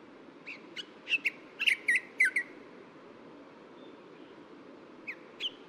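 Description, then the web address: Bronzed drongo calling with quick squeaky twanging notes in a short burst, then two more notes after a pause. Recorded at Yushan. "小卷尾. Yushan"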